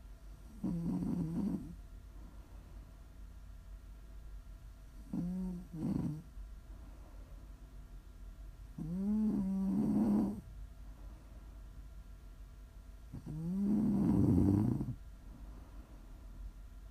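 Four loud snores in about seventeen seconds, roughly 14 a minute and somewhat unevenly spaced. Each is a buzzing, tonal rattle that rises in pitch, with quiet breathing and faint room hum between. These are ordinary snores from an adult sleeper.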